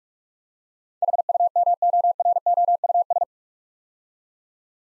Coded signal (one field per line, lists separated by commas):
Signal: Morse code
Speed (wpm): 44 wpm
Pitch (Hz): 700 Hz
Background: none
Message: HUMOROUS